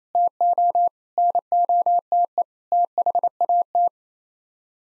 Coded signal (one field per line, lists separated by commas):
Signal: Morse code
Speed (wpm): 27 wpm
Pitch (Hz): 700 Hz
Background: none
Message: TO NOTE THAT